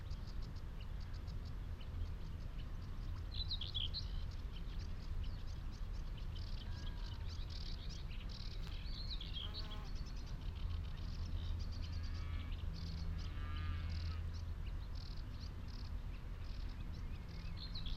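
Birds chirp and warble in scattered bursts over a steady low rumble on Higham Marshes, with a brief clatter near nine seconds.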